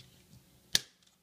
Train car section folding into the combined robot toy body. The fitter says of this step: so you're going to fold it like this and you can see it will snap into place